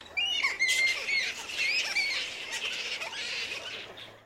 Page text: Black Flying Fox Group Call. Flying foxes (bats) in Noosa Queensland